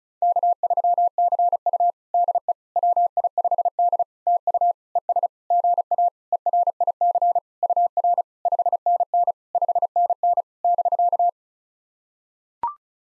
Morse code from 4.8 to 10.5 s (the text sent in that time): ES GA ERIC UR 5NN 5NN